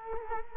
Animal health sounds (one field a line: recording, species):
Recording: mosquito wingbeat signal from an infrared sensor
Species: Culex quinquefasciatus